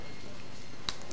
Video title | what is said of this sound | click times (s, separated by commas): Perfect Hair: Secret Styling Tips from Alex Roldan | listen for that snap so you know it's secure and then take your hair and simply place it over like that | 0.9 s